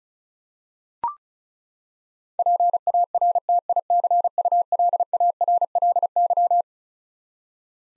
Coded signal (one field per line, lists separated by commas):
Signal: Morse code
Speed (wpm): 36 wpm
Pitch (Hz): 700 Hz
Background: none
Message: PARTICULARLY